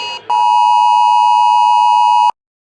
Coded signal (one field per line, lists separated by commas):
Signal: Emergency Alert System (SAME) tones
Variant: 853 and 960 Hz attention tone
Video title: EAS #10 - 14 | National Periodic Test with LOX Early Weekly Test